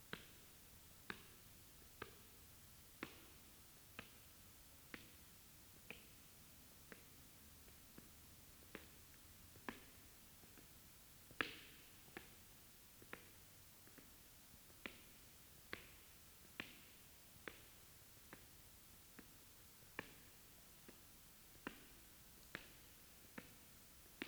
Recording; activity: daily activity, guitar pickup as the sensor; walk